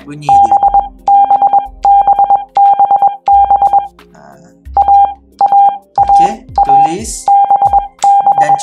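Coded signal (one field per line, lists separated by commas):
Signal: Morse code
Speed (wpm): 21 wpm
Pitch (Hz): 800 Hz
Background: speech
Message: BBBBB AAAABB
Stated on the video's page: Morse code learning tips for the letters B and D, practiced with the CW Player app.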